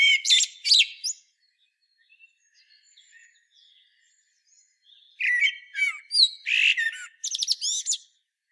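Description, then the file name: Common blackbird song: a brief twittery ending, a quiet stretch with faint notes, then a longer phrase of fluted whistles and high squeaky flourishes. "Turdus merula"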